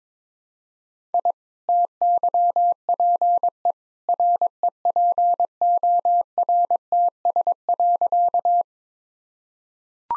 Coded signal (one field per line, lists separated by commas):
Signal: Morse code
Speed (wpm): 22 wpm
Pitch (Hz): 700 Hz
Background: none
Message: I TYPE REPORTS.